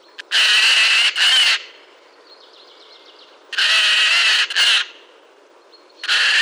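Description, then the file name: Eurasian jay giving loud, raw, rasping screeches, each a quick double burst, repeated about every three seconds, with a faint chattering call between them. "Garrulus glandarius"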